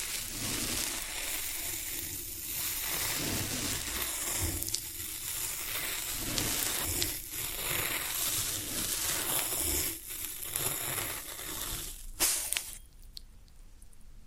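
Floral foam is pressed and crumbled in a dense, steady crackling hiss, with brief pauses near seconds 10 and 12 before it thins out.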